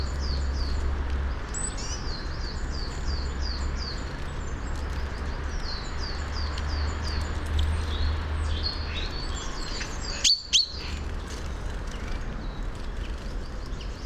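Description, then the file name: Common chaffinch giving a long series of short high falling notes, with one sharp click later and a steady low rumble. "Fringilla coelebs"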